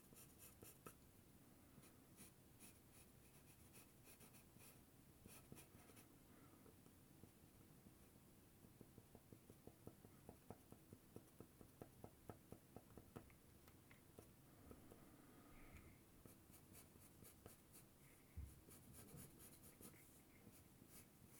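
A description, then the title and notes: A pencil scratches and taps across white paper, with dense quick strokes throughout and faster bursts midway. 鉛筆で絵を描く音（Binaural）- The sound of drawing a picture with a pencil. 白い紙に鉛筆でカリカリと絵を描きました。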